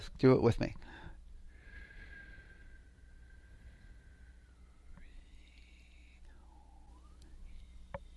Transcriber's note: breathing